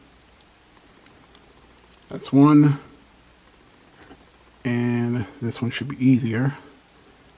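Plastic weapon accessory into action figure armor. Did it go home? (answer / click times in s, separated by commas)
no / none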